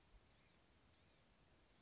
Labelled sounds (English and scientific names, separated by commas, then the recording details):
Blue-gray Gnatcatcher (Polioptila caerulea)
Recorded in Sonoma County, California